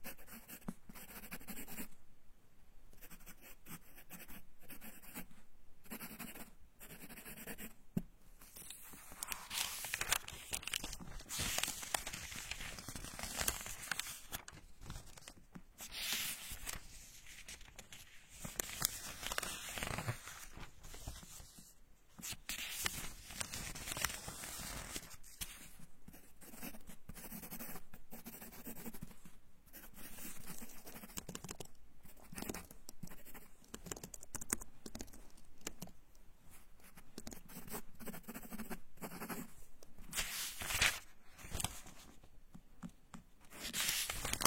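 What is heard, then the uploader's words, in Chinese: Pages are turned and a pen or pencil writes. Dry scratching and papery rustles run almost continuously for the whole stretch, broken by short pauses, with sharper flips and crinkles every few seconds. 翻书，写字，查文献！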